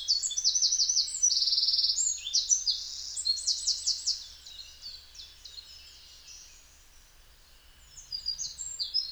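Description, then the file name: Eurasian wren delivering a piercing burst of high chattering notes and rolling trills for about four seconds, then softer scattered notes with a brief renewed flourish near the end. "Troglodytes troglodytes"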